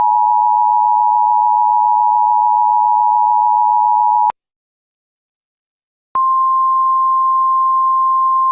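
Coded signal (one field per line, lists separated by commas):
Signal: Emergency Alert System (SAME) tones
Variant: 853 and 960 Hz attention tone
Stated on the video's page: Fictional, simulated EAS scenario about a nuclear attack; not a real alert.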